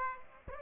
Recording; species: mosquito wingbeat signal from an infrared sensor; Aedes aegypti